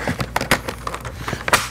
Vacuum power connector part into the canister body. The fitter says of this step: naps right in place which it just did so now everything's set up on this part